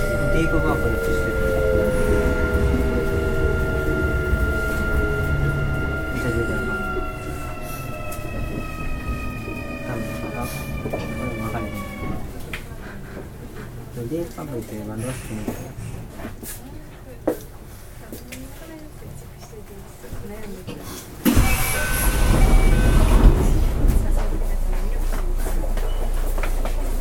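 A Kintetsu 5820 series local train slows, its falling motor whine fading by twelve seconds, then rumbling until a sudden loud burst.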